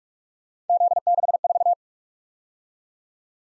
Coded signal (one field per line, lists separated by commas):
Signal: Morse code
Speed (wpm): 44 wpm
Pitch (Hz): 700 Hz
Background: none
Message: Z64